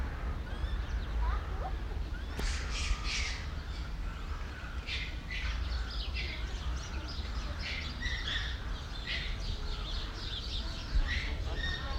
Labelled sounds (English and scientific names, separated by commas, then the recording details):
Japanese Macaque (Macaca fuscata)
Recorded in captivity
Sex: group
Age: diverse
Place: Zoo Berlin, Berlin, DE
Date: 1994-10-01 14:16
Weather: wolkig (Regen)-heiter, 12°C
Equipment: Marantz CP 430, Sennheiser ME 80, Kopie Uher Variocord 263
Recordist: Tembrock, Günter